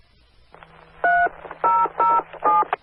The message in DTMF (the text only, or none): 3007